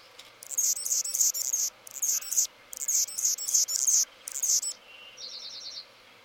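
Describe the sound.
Anna's hummingbird song of harsh, very high buzzy bursts repeated in quick groups, ending with a soft series of fast ticking notes.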